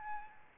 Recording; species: mosquito wingbeat signal from an infrared sensor; Aedes albopictus